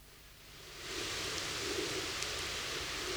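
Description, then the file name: Great green bush-cricket song, a steady high hissing buzz that swells in over the first second and then runs on without a break. "Tettigonia viridissima"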